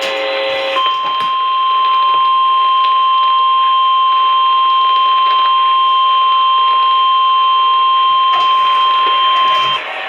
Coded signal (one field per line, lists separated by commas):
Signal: Emergency Alert System (SAME) tones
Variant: 1050 Hz attention tone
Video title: LCH SEVERE THUNDERSTORMS ALERTS OF TEXAS TSTM RISK... EAS Alerts from 9/13/23 (EAS#511 & #513)